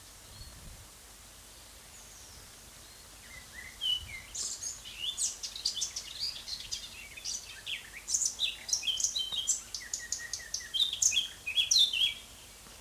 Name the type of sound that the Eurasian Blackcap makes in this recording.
song